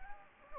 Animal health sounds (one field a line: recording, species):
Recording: mosquito wingbeat signal from an infrared sensor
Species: Anopheles gambiae